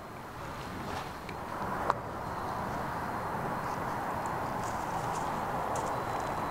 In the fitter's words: and they they have those little tabs that snap into place